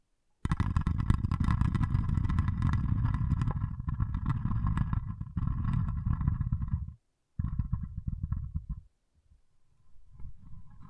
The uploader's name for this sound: Soothing & Deep Water Beads Sounds